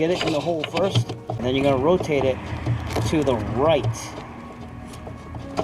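A PrimeLED SB Series LED headlight bulb is handled by its prongs at the hole of a Hyundai Elantra's headlight housing, ready to be rotated to the right to lock. Someone talks through most of the clip, then faint handling noise follows as the speech fades. Nothing has seated or clicked yet.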